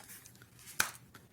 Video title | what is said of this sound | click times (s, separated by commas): Review of the Sanrenmu S755 / A Persian Style Budget Fixed Blade | heard that click going in there it's in there snug as a rug | 0.8 s